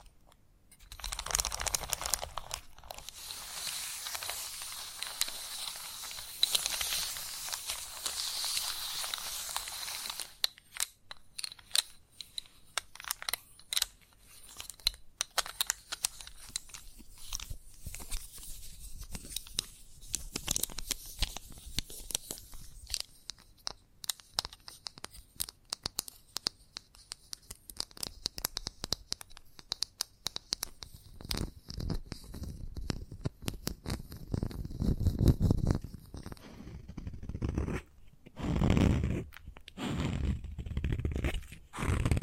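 Chalk scratches and scrapes, starting with a dense, bright hiss of scraping for the first ten seconds. After that come choppier strokes and quick taps. Past thirty seconds, heavier, lower thuds of carving and knocking take over.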